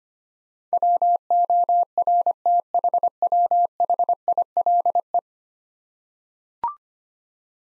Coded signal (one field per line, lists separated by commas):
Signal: Morse code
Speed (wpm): 25 wpm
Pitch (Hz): 700 Hz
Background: none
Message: WORTHWHILE